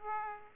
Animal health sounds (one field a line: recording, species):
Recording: mosquito wingbeat signal from an infrared sensor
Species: Aedes aegypti